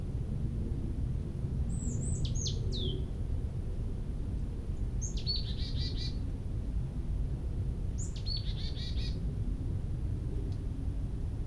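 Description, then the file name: Marsh tit calls: a high sharp note followed by short buzzy chattering bursts, given three times several seconds apart over steady low rumbling background noise. "Poecile palustris"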